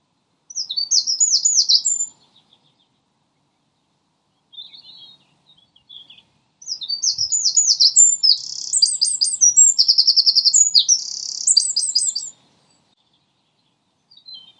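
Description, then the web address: Common nightingale song, a short burst of rapid repeated high notes, a pause with faint scraps, then a long varied run of fast trills and buzzy repeated phrases. More than one nightingale, recorded at Lodge Hill. "owen Lodge Hill nightingales"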